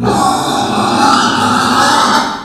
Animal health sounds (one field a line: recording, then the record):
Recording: squeal of a Yucatan mini pig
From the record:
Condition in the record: after surgery on the right vocal fold (resection and tissue-engineered implant)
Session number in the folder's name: 13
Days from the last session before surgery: 113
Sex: female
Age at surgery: 19 weeks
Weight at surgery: 25 kg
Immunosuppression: prednisolone